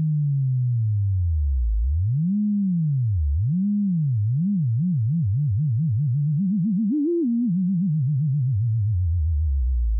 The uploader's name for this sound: Self oscillation pure